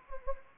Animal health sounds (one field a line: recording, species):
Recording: mosquito wingbeat signal from an infrared sensor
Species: Anopheles gambiae